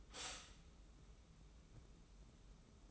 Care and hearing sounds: daily activity, microphone in the room; stop toaster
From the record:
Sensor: 1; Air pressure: 994.5 hPa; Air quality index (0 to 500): 224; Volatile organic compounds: 1000 ppm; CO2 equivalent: 8052 ppm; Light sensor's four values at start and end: 133/306/136/148 and 133/305/135/148

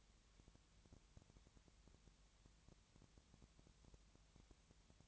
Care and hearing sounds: daily activity, microphone in the room; no activity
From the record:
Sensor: 3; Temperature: 20.6 degrees Celsius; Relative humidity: 34.7%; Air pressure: 1007.2 hPa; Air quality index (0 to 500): 136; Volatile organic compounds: 3 ppm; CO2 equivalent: 1519 ppm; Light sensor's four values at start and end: 2/3/2/2 and 2/3/2/2

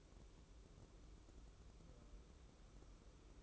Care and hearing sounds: daily activity, microphone in the room; take from stove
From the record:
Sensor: 1

